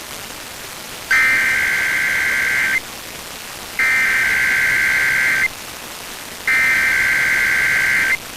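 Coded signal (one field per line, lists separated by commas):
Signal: Emergency Alert System (SAME) tones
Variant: header bursts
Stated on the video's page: Weekly test EAS tones aired by K-LOVE station WLKE on 93.5 FM, Gallitzin.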